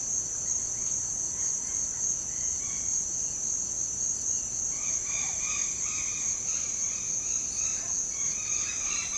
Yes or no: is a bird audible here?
yes